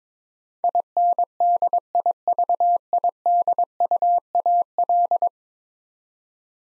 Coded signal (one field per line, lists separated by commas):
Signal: Morse code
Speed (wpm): 22 wpm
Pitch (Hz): 700 Hz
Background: none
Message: INDIVIDUAL